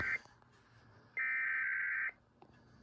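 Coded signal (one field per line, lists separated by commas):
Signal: Emergency Alert System (SAME) tones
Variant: header bursts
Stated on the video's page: EAS test on AIR1, with relays.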